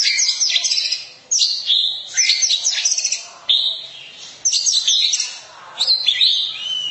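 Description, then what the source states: Oriental magpie-robin song of scratchy trills and bright whistles, given in bursts separated by brief near-silent gaps. Long-duration song.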